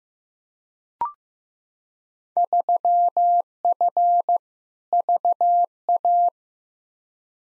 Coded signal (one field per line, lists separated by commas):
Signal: Morse code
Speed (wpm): 15 wpm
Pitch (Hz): 700 Hz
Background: none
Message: 3F VA